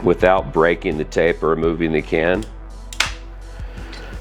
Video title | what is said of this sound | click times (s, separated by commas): KeyMo 101- Everything you need to know about the Keymo mounting system. | I can now unlock the locking collar | 2.9 s, 3.0 s